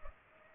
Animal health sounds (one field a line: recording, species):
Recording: mosquito wingbeat signal from an infrared sensor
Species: Culex pipiens